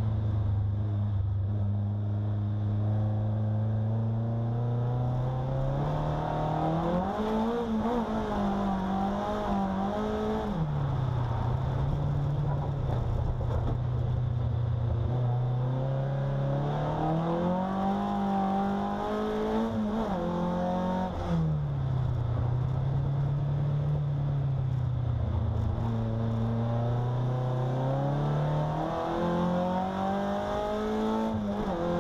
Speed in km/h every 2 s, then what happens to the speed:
43, 46, 59, 73, 86, 77, 57, 53, 72, 94, 93, 65, 48, 57, 80, 98.
0-8 speeds up to 86. 9-14 brakes to 53. 14-18 speeds up to 94. 20-25 brakes to 48. 25-32 speeds up to 98.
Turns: 0-5, 22-27.